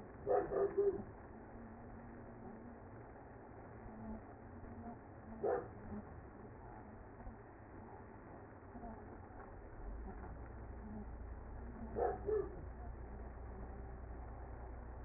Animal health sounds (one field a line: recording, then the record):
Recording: honeybee colony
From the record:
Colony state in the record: active